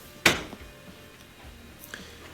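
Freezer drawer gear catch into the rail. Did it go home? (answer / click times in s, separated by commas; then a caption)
yes / 0.3 s. Plastic gear catches at the back of a Whirlpool freezer drawer are pushed down hard into the rail, first the right one and then the left. A loud, sharp plastic click sounds at 0.3 s, followed by a couple of faint ticks around 1.8–1.9 s against quiet background. The gear catch clicks down and the drawer is seated.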